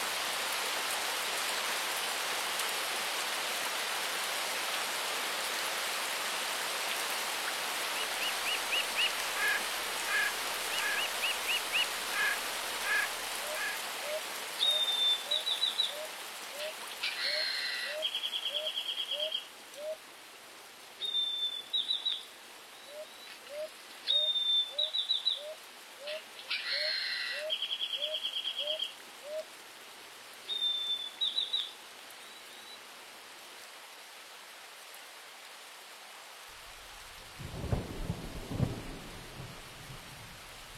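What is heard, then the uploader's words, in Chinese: Steady rainforest rain hisses for fifteen seconds, then birds chirp and whistle in repeated bursts, and a low rumble swells near the end. 雨林，鸟儿，小溪，水流，下雨。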